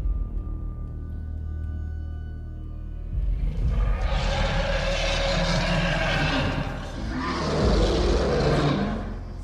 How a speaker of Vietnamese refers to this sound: Từ trong đôi mắt hung tợn của con hổ chảy xuống hai dòng nước mắt, rồi nó ngửa cổ gầm lên một tiếng. Tiếng hổ gầm chấn động cả khu rừng. Quả thực muông thú trong rừng này đêm nay kinh hãi, bởi vì tiếng hổ gầm chấn động cả non ngàn.